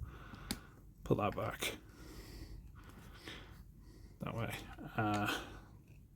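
Someone talks while handling a plastic part of a Transformers Legacy TigerHawk transforming action figure, the pistol or wing piece, putting it back toward its place in the figure's body. Brief handling taps are heard at about 0.5 s and 3.3 s. Nothing has seated or clicked yet.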